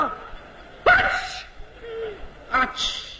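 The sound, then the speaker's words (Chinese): A voice imitates how a Beijing person sneezes, making the "qi" sound: a sharp, breathy burst ending on a bright "chi"-like sound, followed after a pause by a second, shorter sneeze-like burst with a faint voiced tail. “那我问问您呢，您比如说这北京人打喷嚏什么味儿？”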